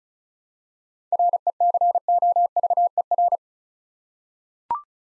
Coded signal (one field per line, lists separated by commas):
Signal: Morse code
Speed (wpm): 36 wpm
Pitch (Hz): 700 Hz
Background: none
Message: RECOVER